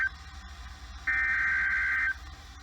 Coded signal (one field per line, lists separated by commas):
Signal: Emergency Alert System (SAME) tones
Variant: header bursts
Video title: One Night=Lots Of Warnings...EAS Alerts From August 27, 2020 (EAS# 441-453)